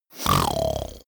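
A single low, rattling human snore lasting about one second, with a rough fluttering vibration on the breath, caused by the soft tissues of the airway vibrating during sleep breathing.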